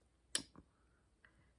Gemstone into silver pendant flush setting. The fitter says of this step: uh and the click is is a lovely thing to hear so that's that's just clicked into place